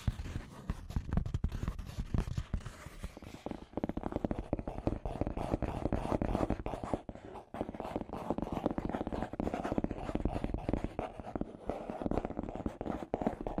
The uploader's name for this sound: Scratchy Tapping